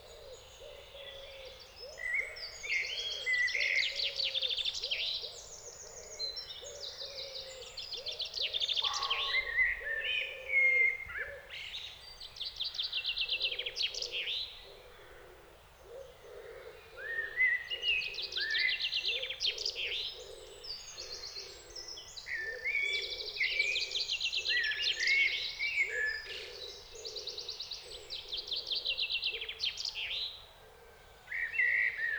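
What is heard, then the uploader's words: Late spring woodland full of birdsong, with bright, busy phrases trilling and warbling almost without pause across the whole clip. Beneath them a low, steady cooing or hooting pulse repeats at a regular rhythm, and a faint hiss sits underneath throughout. British Library - Woodland in Late Spring (Recorded by Richard Margoschis).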